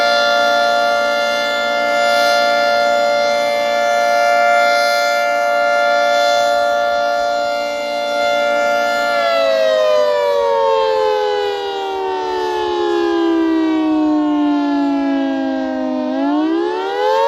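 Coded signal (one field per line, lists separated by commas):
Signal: siren signal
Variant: Federal Signal 3T22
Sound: loud multi-tone siren chord held steady, then slowly falling in pitch and starting to rise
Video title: Federal Signal 3T22 Weekly Pager/Siren Test - Attack - Middle Island, NY 8/2/2026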